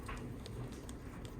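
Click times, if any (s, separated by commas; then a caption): none. A lipped plastic button on British PLCE webbing is being worked into its pouch fastening, pushed in one side first and rocked because it cannot be pressed straight in. Soft handling scrapes and brief taps are heard over a low rumble. Nothing has snapped or seated yet.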